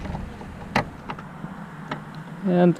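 A replacement headlight bulb is put back into the headlight housing socket of a 2015–2018 Hyundai Elantra and handled, ready to be twisted to lock. Short plastic taps and knocks sound around 0.8, 1.1 and 1.9 seconds while someone talks. Nothing has seated or clicked yet.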